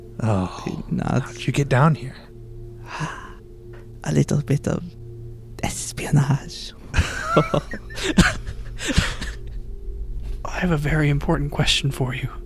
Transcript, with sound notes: Oh, how'd you get down here? A little bit of espionage. [Laughter] I have a very important question for you.